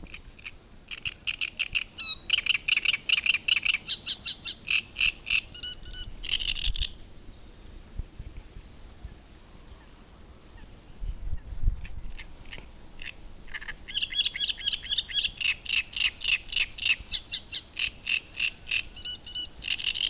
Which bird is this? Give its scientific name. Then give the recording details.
Acrocephalus arundinaceus. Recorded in the wild. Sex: male. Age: adult. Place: Müggelsee, Berlin, DE. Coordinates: 52.43, 13.64. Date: 1990-05-19. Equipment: Uher 4400 Report Monitor, Sennheiser ME 80, K 30 AV. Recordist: Fischer, Stefan